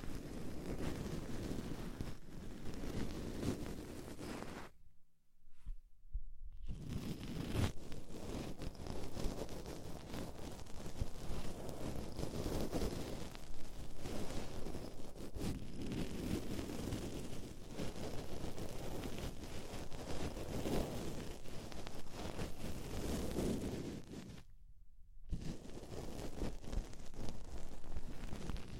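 Deep ear cleaning sounds fill the recording as a dense, muffled rumbling and scraping, heavy in the low end and fairly steady in level. The sound cuts out to silence twice, once for over a second around five seconds and again briefly near twenty-five seconds.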